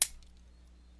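A plastic wheel assembly in the leg joint of a DX9 Invisible transforming robot figure is pulled out with force. A single loud, sharp click at 0.0 s shows the wheel locking into its extended position, followed by a couple of faint ticks and a low steady hum. The wheel is seated.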